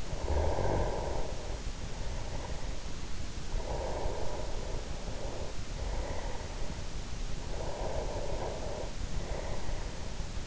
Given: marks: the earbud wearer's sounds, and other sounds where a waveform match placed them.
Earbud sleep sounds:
sounds in sleep by an in-ear microphone; snoring breath, breath
0.00-3.11 s: snoring breath
3.40-7.11 s: breath
7.33-10.47 s: breath

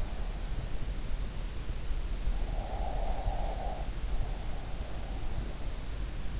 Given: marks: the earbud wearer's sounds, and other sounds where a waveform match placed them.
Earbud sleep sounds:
sounds in sleep by an in-ear microphone; breath
2.44-5.15 s: breath

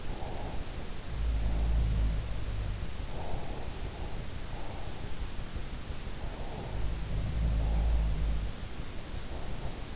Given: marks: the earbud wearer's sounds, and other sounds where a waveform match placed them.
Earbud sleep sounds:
sounds in sleep by an in-ear microphone; breath
0.00-1.00 s: breath
1.00-2.94 s: sound from someone else or the room
3.18-3.84 s: breath
6.60-8.59 s: sound from someone else or the room

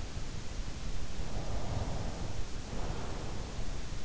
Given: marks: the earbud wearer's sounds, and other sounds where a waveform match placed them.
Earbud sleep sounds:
sounds in sleep by an in-ear microphone; breath
1.26-3.71 s: breath

